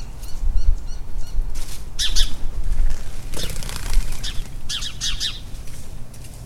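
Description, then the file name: House sparrow chirping in short bursts of sharp, harsh chirps, several quick notes in a row, over a steady low rumble of background noise. "Passer domesticus"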